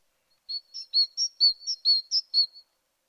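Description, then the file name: Great tit song: a single brisk run of about nine clear notes alternating between two pitches, evenly spaced. "Parus major"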